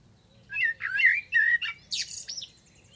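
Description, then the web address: Bird song with slurred whistles and chirps in a short phrase, ending in higher squeaky notes. "cianscape birddata Deverinetal 2025 Bird Only Tu Me"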